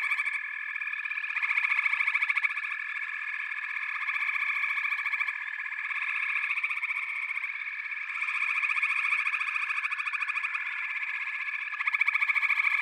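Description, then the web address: Continuous frog chorus of quick, rattling trills from numerous callers, intensity waxing and waning in waves. A chorus of frogs calling together. "Echoes of Nature - Frog Chorus"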